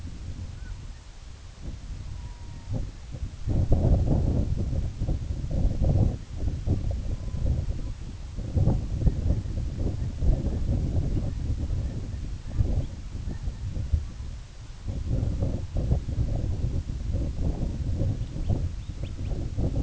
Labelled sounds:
Red-throated Loon (Gavia stellata), unidentified sound
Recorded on Arctic tundra, site IGLO-A, on 17 June 2018
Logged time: 19:59

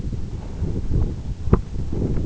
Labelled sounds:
none
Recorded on Arctic tundra, site EABA-1, on 26 June 2018
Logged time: 00:00

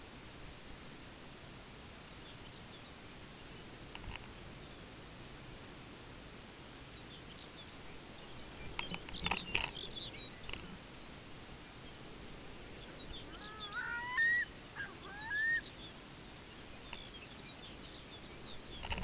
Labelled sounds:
Lapland Longspur (Calcarius lapponicus), Pacific Loon (Gavia pacifica)
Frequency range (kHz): Lapland Longspur (Calcarius lapponicus) 1.6-6.3 kHz; Pacific Loon (Gavia pacifica) 0.3-6.4 kHz
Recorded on Arctic tundra, site UTQI-5, on 14 June 2019
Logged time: 14:00

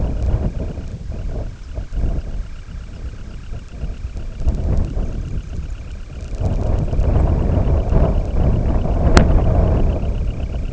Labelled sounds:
Dunlin (Calidris alpina), unidentified sound
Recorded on Arctic tundra, site IGLO-D, on 18 June 2018
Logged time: 04:00

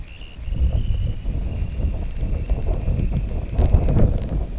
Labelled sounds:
Dunlin (Calidris alpina)
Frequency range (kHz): Dunlin (Calidris alpina) 1.8-3.6 kHz
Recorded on Arctic tundra, site IGLO-D, on 19 June 2018
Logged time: 22:00

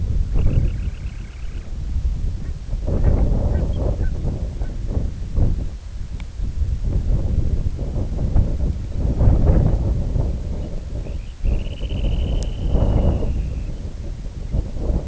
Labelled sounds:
Semipalmated Sandpiper (Calidris pusilla), unidentified sound, Dunlin (Calidris alpina)
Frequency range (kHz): Semipalmated Sandpiper (Calidris pusilla) 1.0-3.2 kHz; Dunlin (Calidris alpina) 1.8-3.7 kHz
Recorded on Arctic tundra, site IGLO-D, on 19 June 2018
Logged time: 18:00

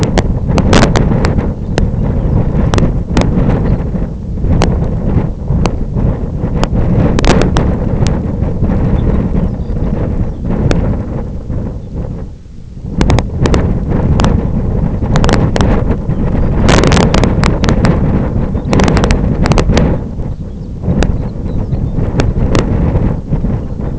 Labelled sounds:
unidentified sound, Lapland Longspur (Calcarius lapponicus)
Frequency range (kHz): Lapland Longspur (Calcarius lapponicus) 2.5-5.9 kHz
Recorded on Arctic tundra, site IGLO-F, on 26 June 2018
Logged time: 08:00

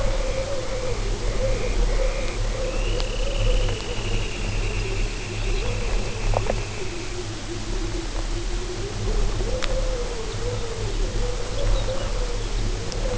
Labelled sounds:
Dunlin (Calidris alpina), Lapland Longspur (Calcarius lapponicus)
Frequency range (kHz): Dunlin (Calidris alpina) 1.3-3.4 kHz; Lapland Longspur (Calcarius lapponicus) 2.6-4.7 kHz
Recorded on Arctic tundra, site UTQI-5, on 19 June 2018
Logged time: 22:00

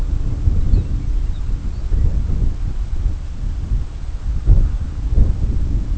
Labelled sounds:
Lapland Longspur (Calcarius lapponicus)
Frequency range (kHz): Lapland Longspur (Calcarius lapponicus) 1.4-5.2 kHz
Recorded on Arctic tundra, site CORI-1, on 20 June 2018
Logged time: 20:00

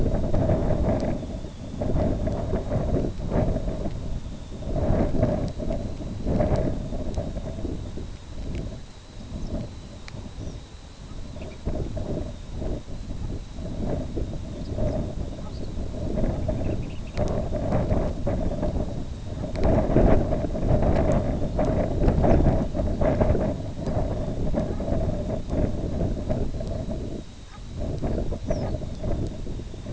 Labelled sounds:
Snow Bunting (Plectrophenax nivalis), unidentified sound
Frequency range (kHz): Snow Bunting (Plectrophenax nivalis) 3.3-7.0 kHz
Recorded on Arctic tundra, site IGLO-B, on 23 June 2018
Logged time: 11:59

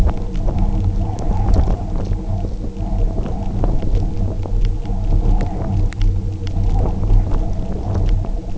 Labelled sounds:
none
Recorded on Arctic tundra, site UTQI-0, on 27 June 2018
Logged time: 10:00

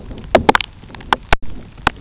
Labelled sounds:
none
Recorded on Arctic tundra, site UTQI-2, on 13 June 2019
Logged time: 12:00

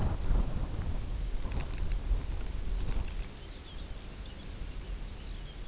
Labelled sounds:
Lapland Longspur (Calcarius lapponicus)
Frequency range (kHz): Lapland Longspur (Calcarius lapponicus) 1.6-6.7 kHz
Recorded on Arctic tundra, site UTQI-0, on 16 June 2019
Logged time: 20:00

